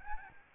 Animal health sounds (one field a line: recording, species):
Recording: mosquito wingbeat signal from an infrared sensor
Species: Aedes albopictus